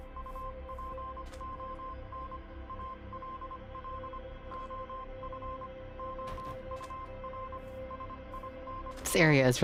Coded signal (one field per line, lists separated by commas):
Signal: Morse code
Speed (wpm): 25 wpm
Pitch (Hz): 1050 Hz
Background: speech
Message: UPON ALL OF OUR SINS